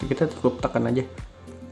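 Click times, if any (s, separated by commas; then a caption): none. A plastic guard comb is being fitted onto the blade of a KEMEI KM 1032 hair clipper while someone talks over background music. The guard is handled but not yet pressed home, and nothing has seated or clicked yet.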